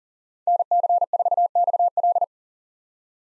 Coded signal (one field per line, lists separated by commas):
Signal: Morse code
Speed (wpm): 40 wpm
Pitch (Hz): 700 Hz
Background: none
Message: NC4XL